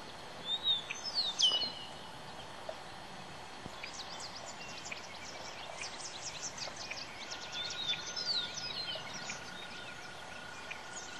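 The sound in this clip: Bird calls: thin high chirps and descending whistled notes, a burst near the start and scattered chirps through the middle, over steady background hiss and a faint hum.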